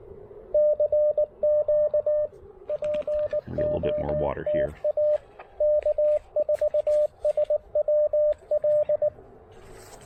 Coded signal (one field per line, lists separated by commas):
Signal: Morse code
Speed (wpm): 18 wpm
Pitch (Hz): 600 Hz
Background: speech, radio noise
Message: CQ POTA K4SWL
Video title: Pairing the Chameleon Tactical Delta Loop with the Icom IC-705 for some serious QRP POTA fun!